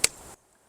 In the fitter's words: that click? That means it's in there. That's not going to leak.